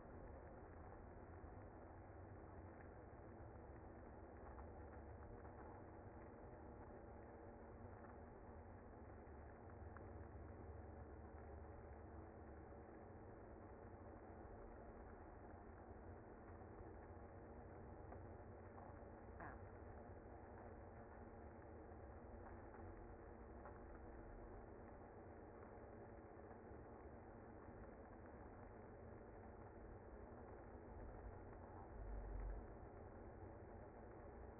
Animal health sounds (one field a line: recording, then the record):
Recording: honeybee colony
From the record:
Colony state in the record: active